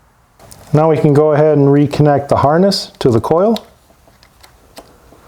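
Someone talks while the wiring harness connector is brought back to the ignition coil on a Nissan Pathfinder 3.5L V6, followed by a few faint handling taps around 4.2 and 4.4 seconds. Nothing has seated or clicked yet.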